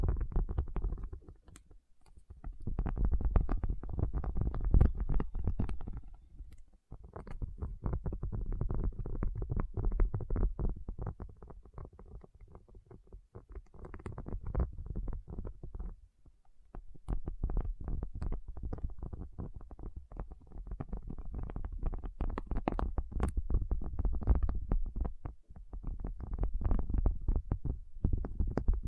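A tapping session with no talking: dense, rapid taps with a low, muffled body and occasional sharper clicks. The tapping runs in bursts of several seconds, with brief quieter pauses around 6, 14 and 16 seconds before it resumes.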